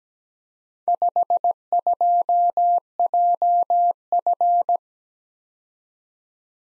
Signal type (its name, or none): Morse code